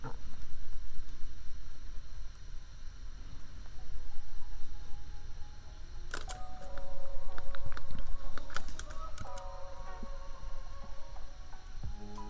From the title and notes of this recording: Typing. Just a lazy evening of keyboard tapping, royalty-free lofi beats, and an annoying laptop fan hum that no amount of equalizers or compressors could ever truly remove.